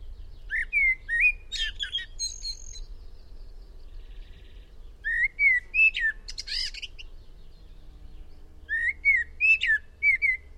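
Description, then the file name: Eurasian blackbird giving repeated song phrases: low fluted, slightly slurred whistles mixed with high chattering squeaks, three bursts with short pauses, faint background hum. "Turdus merula"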